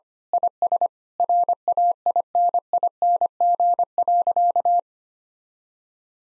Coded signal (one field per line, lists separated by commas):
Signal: Morse code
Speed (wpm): 25 wpm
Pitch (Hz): 700 Hz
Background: none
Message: IS RAINING.